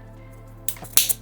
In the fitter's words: and then pull that and now it clicked into place